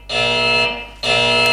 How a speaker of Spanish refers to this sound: Yo creo que va a haber que tirar una señal de alarma porque veo algo ahí.